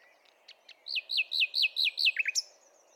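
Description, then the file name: Common nightingale song: a few soft ticks, then a fast run of several identical looping whistled notes, ending in a brief sharp flourish. "Luscinia megarhynchos"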